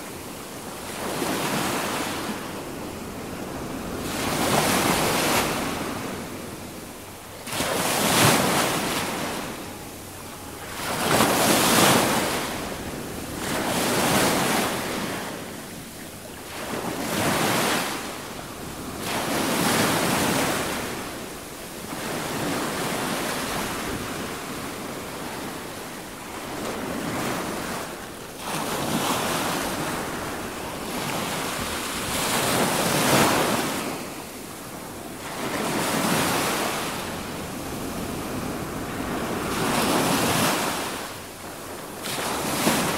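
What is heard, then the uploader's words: Ocean waves roll in and wash out in a steady, regular rhythm, one swell every three to four seconds, each a rushing hiss that builds and fades. Between breakers the surf never goes fully quiet, and a low rumble of wind runs underneath throughout. Ocean Waves. Ocean wave sounds.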